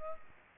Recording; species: mosquito wingbeat signal from an infrared sensor; Aedes aegypti